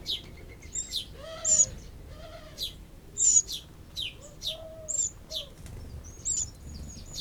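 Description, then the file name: Eurasian wren uttering sharp high clicks and thin call notes at uneven intervals, while soft, low, rounded hoots sound alongside. "Troglodytes troglodytes"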